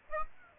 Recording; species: mosquito wingbeat signal from an infrared sensor; Aedes aegypti